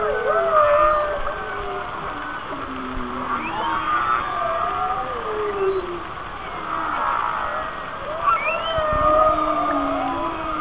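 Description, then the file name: Whale song with sweeping tonal calls, several rising sharply, layered over a dense hiss of clicks and lower moans. "Whale Songs"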